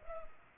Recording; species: mosquito wingbeat signal from an infrared sensor; Culex pipiens